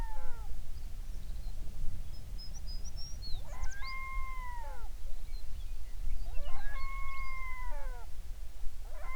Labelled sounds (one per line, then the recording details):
songbird
loon
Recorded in the Prudhoe Bay oil fields, Alaska, on 11 June 2019 at 05:12
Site 21